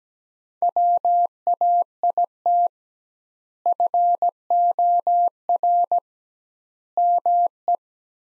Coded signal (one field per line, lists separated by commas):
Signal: Morse code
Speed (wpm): 17 wpm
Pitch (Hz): 700 Hz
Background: none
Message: WAIT FOR ME